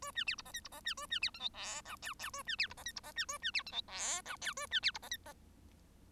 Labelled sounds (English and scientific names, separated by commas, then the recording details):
Bengalese Finch (Lonchura striata domestica) song
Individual Bird1